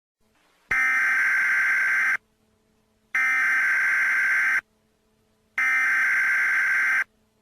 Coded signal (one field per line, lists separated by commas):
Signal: Emergency Alert System (SAME) tones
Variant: header bursts